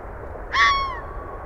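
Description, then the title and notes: Red fox giving a single harsh, hoarse yelp that trails off downward, over a constant low hum of traffic. Calling in west Dyke Marsh about 6:35 PM, 20 December 2015; car traffic noise; recorded with Fostex FR-2, Sennheiser ME62 and Telinga parabola; edited with fade in/out only. "Red Fox calling in west Dyke Marsh about 6:35PM 12/20/2015"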